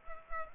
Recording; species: mosquito wingbeat signal from an infrared sensor; Culex pipiens